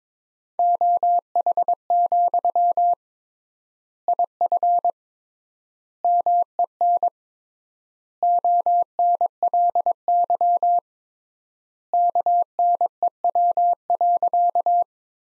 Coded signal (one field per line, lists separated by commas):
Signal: Morse code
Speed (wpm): 22 wpm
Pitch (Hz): 700 Hz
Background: none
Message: OH, IF MEN ONLY KNEW.